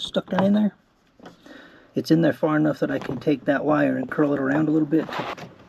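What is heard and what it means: While installing AUTOONE LED headlights on a 2018 Chrysler 300, the LED headlight bulb or its plug is handled at the headlight housing, with the anti-flicker harness tucked down behind the plug and its wire curled around. Someone talks throughout, with short handling noises between phrases. Nothing has seated or clicked yet.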